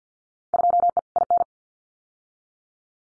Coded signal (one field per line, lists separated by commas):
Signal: Morse code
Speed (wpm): 50 wpm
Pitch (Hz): 700 Hz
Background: none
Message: 2E IN